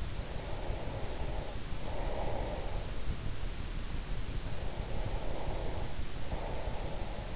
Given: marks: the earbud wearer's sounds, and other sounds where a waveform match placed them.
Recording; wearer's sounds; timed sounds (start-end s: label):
sounds in sleep by an in-ear microphone; breath
0.50-3.22 s: breath
3.74-7.35 s: breath